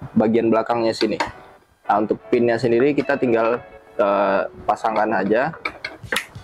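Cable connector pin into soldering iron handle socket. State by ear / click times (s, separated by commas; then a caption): seated / 5.8 s. Someone talks while the cable connector pin is pushed into the socket on the back of a Sugon T3602 soldering station's C115 soldering iron handle. A sharp click at 5.8 s, followed by a smaller one at 6.2 s, shows the pin has seated in the socket.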